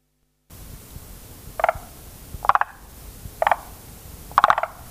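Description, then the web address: Forest green tree frog calling with four short chuckling bursts, each a quick cluster of notes, spaced about a second apart over a soft noisy background. "sikioto. moriaogaeru"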